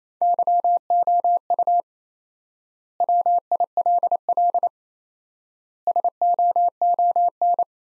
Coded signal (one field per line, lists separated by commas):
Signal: Morse code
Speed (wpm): 28 wpm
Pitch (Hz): 700 Hz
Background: none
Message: YOU WILL SOON